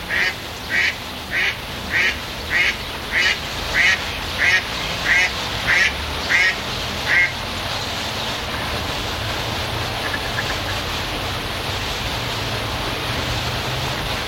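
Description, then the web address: Bird giving a rapid series of harsh, quacking calls, about twelve in seven seconds, then stopping; steady background hiss continues to the end. "animali uccelli"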